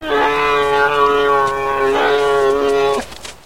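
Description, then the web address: Bear cub making one long, steady, nasal bawling call lasting about three seconds, rich in harmonics. "Nestle Animal Planet Land"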